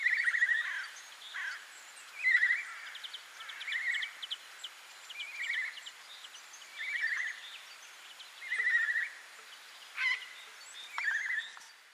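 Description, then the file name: Eurasian jay giving a series of harsh, grating calls roughly every one to two seconds, with high chirping and ticking of other birds throughout. "Garrulus glandarius"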